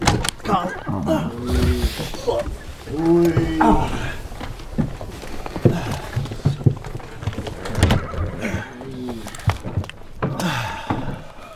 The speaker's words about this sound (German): Harsch knallend, klatschend, schnalzend, schneidend auf dem eingeschürten Rücken zerplatzend, gibt Bart den Pferden die Peitsche. Schnaubend traben die Gäule an und schlagartig erhebt sich der Wagen